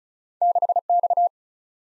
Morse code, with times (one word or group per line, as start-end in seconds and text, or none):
0.4-0.8 6
0.9-1.3 X